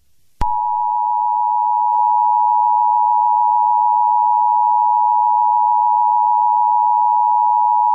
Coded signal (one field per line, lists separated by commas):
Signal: Emergency Alert System (SAME) tones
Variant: 853 and 960 Hz attention tone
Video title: EAS SCENARIO - WW3